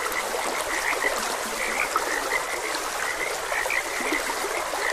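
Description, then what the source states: Frogs croaking, short scattered notes repeating irregularly throughout over a constant rushing, trickling stream. Frogs croaking beside a gentle stream.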